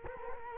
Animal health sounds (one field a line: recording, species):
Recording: mosquito wingbeat signal from an infrared sensor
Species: Culex quinquefasciatus